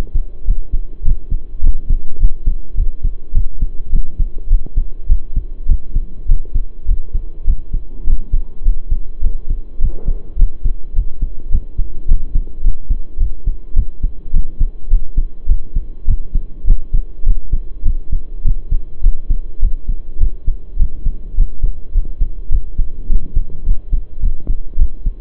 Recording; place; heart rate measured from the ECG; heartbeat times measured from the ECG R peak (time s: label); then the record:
heart sounds by stethoscope; between the tricuspid and mitral areas; 104 bpm
0.46 s: heartbeat
1.04 s: heartbeat
1.62 s: heartbeat
2.19 s: heartbeat
2.76 s: heartbeat
3.33 s: heartbeat
3.91 s: heartbeat
4.49 s: heartbeat
5.08 s: heartbeat
5.67 s: heartbeat
6.27 s: heartbeat
6.87 s: heartbeat
7.46 s: heartbeat
8.05 s: heartbeat
8.64 s: heartbeat
9.22 s: heartbeat
9.80 s: heartbeat
10.37 s: heartbeat
10.94 s: heartbeat
11.50 s: heartbeat
12.07 s: heartbeat
12.62 s: heartbeat
13.18 s: heartbeat
13.75 s: heartbeat
14.32 s: heartbeat
14.89 s: heartbeat
15.47 s: heartbeat
16.06 s: heartbeat
16.66 s: heartbeat
17.25 s: heartbeat
17.84 s: heartbeat
18.43 s: heartbeat
19.02 s: heartbeat
19.61 s: heartbeat
20.19 s: heartbeat
20.78 s: heartbeat
21.36 s: heartbeat
21.93 s: heartbeat
22.50 s: heartbeat
23.08 s: heartbeat
23.64 s: heartbeat
24.21 s: heartbeat
24.77 s: heartbeat
From the record:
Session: pedaling a stationary bicycle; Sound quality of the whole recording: saturated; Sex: male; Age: 23 years